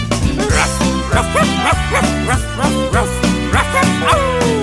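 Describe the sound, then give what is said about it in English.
A dog named Wagsy, running round the park, barks repeatedly in short, yappy bursts that fall into a steady rhythm, mixed over a loud, bouncy music track with no one talking. “Here comes Wagsy, listen to him bark.”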